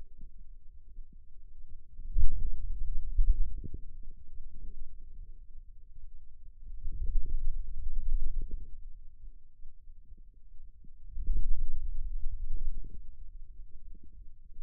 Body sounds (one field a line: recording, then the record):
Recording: forearm muscle sounds (acoustic myography)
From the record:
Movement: finger pinch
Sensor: system 2, bracelet of six BSWA MPA416 microphones around the upper forearm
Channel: 1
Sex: male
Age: 22 years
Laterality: right